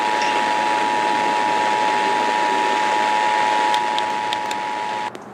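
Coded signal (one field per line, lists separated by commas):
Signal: Emergency Alert System (SAME) tones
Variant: 853 and 960 Hz attention tone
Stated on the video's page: Required Monthly Test in Oregon.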